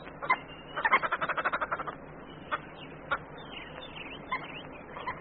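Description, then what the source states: Red-billed hoopoe cackling: a fast rattling run of harsh notes, then scattered single cackles and faint higher calls over a quiet background. A family group cackling while climbing about trees, prying beneath bark for insects; described as one of the most disapproving sounds of the bush.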